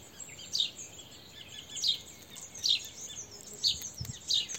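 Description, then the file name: House sparrow chirps, five short notes at intervals of roughly a second, with a continuous high hiss in the background. "Passer domesticus"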